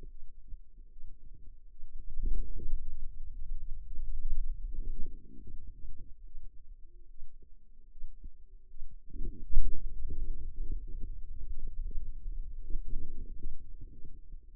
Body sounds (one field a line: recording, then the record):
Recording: forearm muscle sounds (acoustic myography)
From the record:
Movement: pen grasping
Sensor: system 2, bracelet of six BSWA MPA416 microphones around the upper forearm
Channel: 5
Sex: female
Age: 25 years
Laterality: right